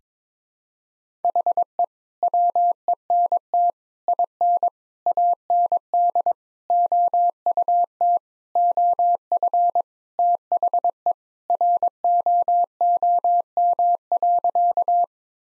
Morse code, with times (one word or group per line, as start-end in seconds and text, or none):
1.2-1.8 HE
2.2-3.7 WENT
4.1-4.7 IN
5.1-6.3 AND
6.7-8.2 OUT
8.6-9.8 OF
10.2-11.1 THE
11.5-15.0 ROOM.